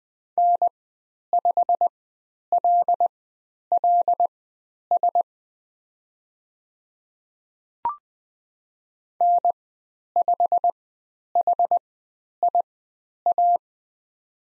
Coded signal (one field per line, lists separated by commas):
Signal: Morse code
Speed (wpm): 20 wpm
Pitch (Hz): 700 Hz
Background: none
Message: N5LLS N5HIA